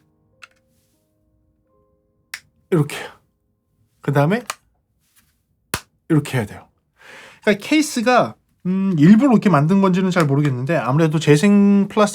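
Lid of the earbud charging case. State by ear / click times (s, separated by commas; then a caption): seated / 5.7 s. A man talks while handling the recycled-plastic charging case of Sony LinkBuds wireless earbuds, pressing the earbuds into their slots. The lid then snaps shut with one sharp click at 5.7 s, closing the case the way it has to be done.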